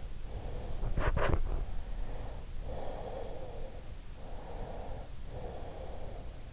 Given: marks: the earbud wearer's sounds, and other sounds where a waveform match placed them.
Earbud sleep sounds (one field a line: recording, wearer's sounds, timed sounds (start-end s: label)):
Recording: sounds in sleep by an in-ear microphone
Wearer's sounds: breath, teeth grinding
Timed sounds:
0.20-1.80 s: breath
0.94-1.80 s: teeth grinding
2.14-3.91 s: breath
4.20-6.53 s: breath